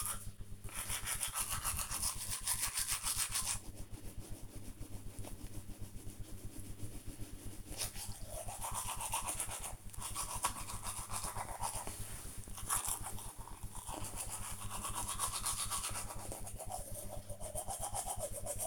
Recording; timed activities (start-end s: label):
household activities, microphone on the right wrist
0.00-18.67 s: brushing teeth